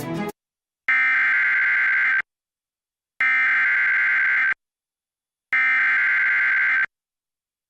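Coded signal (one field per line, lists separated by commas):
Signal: Emergency Alert System (SAME) tones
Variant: header bursts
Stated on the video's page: Severe Thunderstorm Warning relayed on PBS station WOUB.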